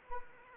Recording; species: mosquito wingbeat signal from an infrared sensor; Anopheles arabiensis